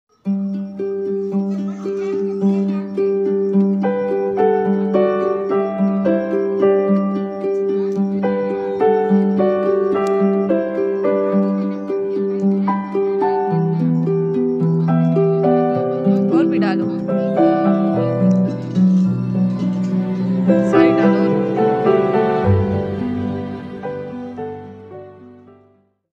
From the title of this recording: my beautiful hens at home